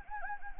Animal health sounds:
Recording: mosquito wingbeat signal from an infrared sensor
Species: Anopheles gambiae

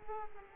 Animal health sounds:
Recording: mosquito wingbeat signal from an infrared sensor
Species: Aedes aegypti

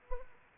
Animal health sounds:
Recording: mosquito wingbeat signal from an infrared sensor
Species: Culex pipiens

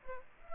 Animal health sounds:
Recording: mosquito wingbeat signal from an infrared sensor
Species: Culex pipiens

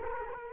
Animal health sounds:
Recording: mosquito wingbeat signal from an infrared sensor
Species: Culex quinquefasciatus

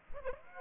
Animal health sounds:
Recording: mosquito wingbeat signal from an infrared sensor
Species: Aedes aegypti

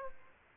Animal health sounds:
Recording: mosquito wingbeat signal from an infrared sensor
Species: Aedes aegypti

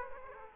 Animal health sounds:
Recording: mosquito wingbeat signal from an infrared sensor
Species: Aedes aegypti

